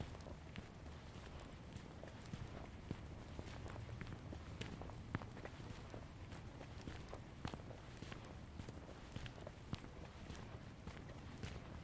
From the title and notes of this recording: I took a walk in Ravenna Park, Seattle.